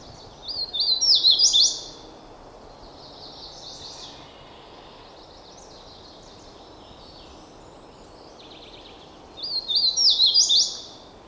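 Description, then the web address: Hooded warbler song, a clear whistled phrase of quick rising and falling notes ending in an emphatic flourish, given twice about nine seconds apart, with softer chips and bird notes between. "howa"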